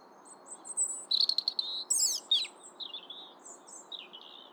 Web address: pub SETE data Erithacus rubecula